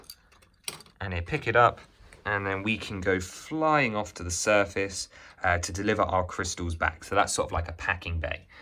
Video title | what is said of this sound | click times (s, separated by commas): The Most Insane LEGO find of my whole life: getting a DREAM set! | you'll hear the snap | 0.7 s